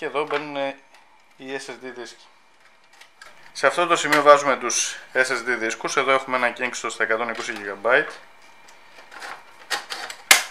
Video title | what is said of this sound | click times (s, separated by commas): Vlog 1: Συναρμολόγηση του PC | μπαίνουν και κουμπώνουν απευθείας δεν χρειάζονται ούτε βίδες ούτε τίποτα | 10.3 s